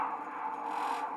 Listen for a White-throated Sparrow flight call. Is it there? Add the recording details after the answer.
no. No flight call is heard. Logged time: 11:55 on 5 December 2014